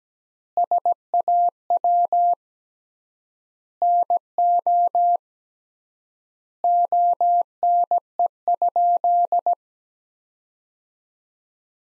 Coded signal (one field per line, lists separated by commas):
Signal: Morse code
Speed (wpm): 17 wpm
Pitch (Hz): 700 Hz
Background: none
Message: SAW NO ONE?